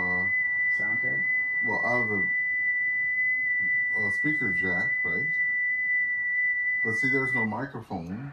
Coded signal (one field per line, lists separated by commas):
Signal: FT8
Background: speech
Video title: 05-05-2024 FT8 FT4 debut with VE3ARF and VA3EWV on the Yaesu FT-991